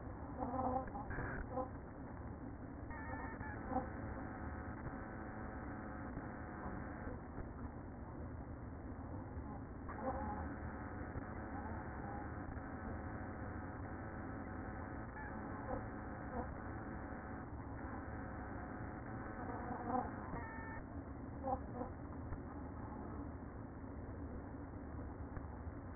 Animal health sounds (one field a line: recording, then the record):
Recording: honeybee colony, microphone inside the hive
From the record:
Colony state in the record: queen present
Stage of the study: after two queens were removed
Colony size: about 60,000 bees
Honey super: yes